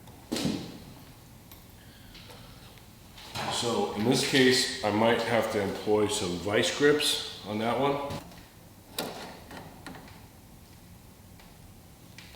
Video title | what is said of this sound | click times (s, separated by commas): 9.14-Bronco Dash and Cowl Disassembly | No, that one's camming out. | 9.0 s